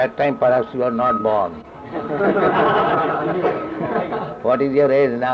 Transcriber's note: laughter